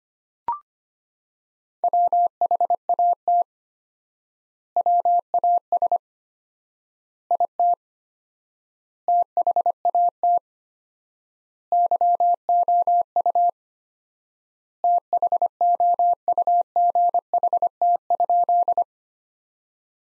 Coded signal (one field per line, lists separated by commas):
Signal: Morse code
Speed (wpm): 25 wpm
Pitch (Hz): 700 Hz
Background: none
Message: WHAT WAS IT THAT YOU THOUGHT?